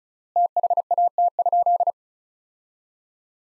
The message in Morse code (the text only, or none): THAT?